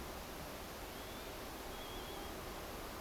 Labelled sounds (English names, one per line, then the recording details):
Northern Lapwing
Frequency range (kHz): Northern Lapwing 2.8-3.9 kHz
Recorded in France